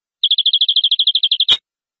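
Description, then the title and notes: Canary singing a quick run of many evenly spaced high notes, ending with a brief click. "BM Suara Kenari. BM Suara Burung Kenari"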